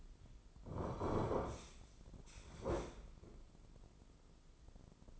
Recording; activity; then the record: daily activity, microphone in the room; sit down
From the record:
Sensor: 5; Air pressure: 996.1 hPa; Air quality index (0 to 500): 244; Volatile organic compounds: 453 ppm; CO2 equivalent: 4754 ppm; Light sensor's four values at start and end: 156/374/158/172 and 156/374/158/172